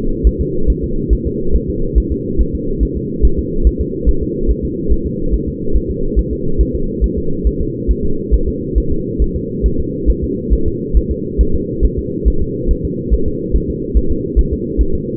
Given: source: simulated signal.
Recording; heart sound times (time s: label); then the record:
fetal heart sounds
0.27 s: S1
0.41 s: S2
0.70 s: S1
0.84 s: S2
1.13 s: S1
1.27 s: S2
1.55 s: S1
1.70 s: S2
1.98 s: S1
2.12 s: S2
2.41 s: S1
2.55 s: S2
2.83 s: S1
2.97 s: S2
3.25 s: S1
3.39 s: S2
3.67 s: S1
3.81 s: S2
4.09 s: S1
4.23 s: S2
4.50 s: S1
4.65 s: S2
4.92 s: S1
5.06 s: S2
5.34 s: S1
5.48 s: S2
5.76 s: S1
5.91 s: S2
6.19 s: S1
6.33 s: S2
6.61 s: S1
6.75 s: S2
7.04 s: S1
7.18 s: S2
7.47 s: S1
7.61 s: S2
7.91 s: S1
8.05 s: S2
8.34 s: S1
8.48 s: S2
8.78 s: S1
8.92 s: S2
9.22 s: S1
9.36 s: S2
9.66 s: S1
9.80 s: S2
10.10 s: S1
10.24 s: S2
10.53 s: S1
10.67 s: S2
10.97 s: S1
11.11 s: S2
11.41 s: S1
11.55 s: S2
11.85 s: S1
11.99 s: S2
12.28 s: S1
12.42 s: S2
12.71 s: S1
12.85 s: S2
13.14 s: S1
13.28 s: S2
13.56 s: S1
13.70 s: S2
13.97 s: S1
14.12 s: S2
14.39 s: S1
14.53 s: S2
14.81 s: S1
14.95 s: S2
From the record:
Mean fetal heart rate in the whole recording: 140 bpm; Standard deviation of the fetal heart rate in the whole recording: 2 bpm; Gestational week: 34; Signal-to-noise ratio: -8.1 dB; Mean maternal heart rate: 72 bpm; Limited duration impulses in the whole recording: absent